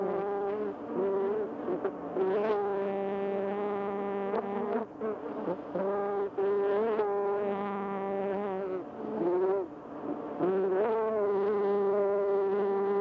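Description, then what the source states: Bees buzzing, a busy drone whose pitch dips and swells, with a few short quieter gaps. Recorded 28 May 2005.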